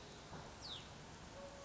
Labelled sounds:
Hutton's Vireo
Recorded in Sonoma County, California

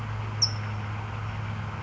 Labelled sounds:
California Towhee
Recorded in Sonoma County, California

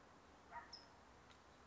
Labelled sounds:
California Towhee
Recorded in Sonoma County, California

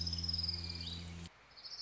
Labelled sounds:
Orange-crowned Warbler
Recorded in Sonoma County, California

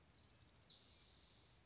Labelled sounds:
Spotted Towhee
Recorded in Sonoma County, California

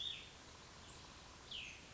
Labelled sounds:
Cassin's Vireo
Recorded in Sonoma County, California

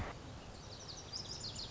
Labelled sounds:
Lazuli Bunting
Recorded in Sonoma County, California

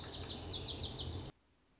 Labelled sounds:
Lazuli Bunting
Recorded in Sonoma County, California

